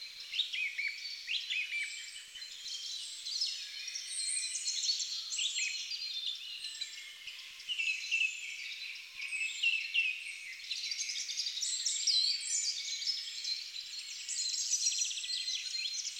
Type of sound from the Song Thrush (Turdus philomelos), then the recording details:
song. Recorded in the wild. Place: Lilienhof / Kaiserstuhl, Baden-Württemberg, DE. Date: 1999-04-02. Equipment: Dat-Recorder Casio DA 7, Telinga DAT, Telinga-Parabolspiegel. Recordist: Schwarz, Dieter